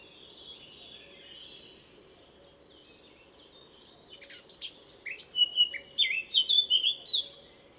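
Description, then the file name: Eurasian blackcap song: after four quiet seconds, a burst of scratchy notes swells into loud, clear fluting whistles that rise and fall rapidly. "Sylvia atricapilla"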